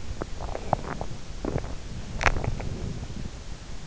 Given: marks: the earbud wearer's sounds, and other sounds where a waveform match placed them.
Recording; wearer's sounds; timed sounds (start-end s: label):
sounds in sleep by an in-ear microphone; teeth grinding, swallowing
0.00-1.71 s: teeth grinding
2.05-3.24 s: swallowing